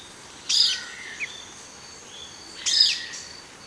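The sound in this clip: Bird giving two sharp, high, squeaky chirps about two seconds apart, with a faint short whistle between them.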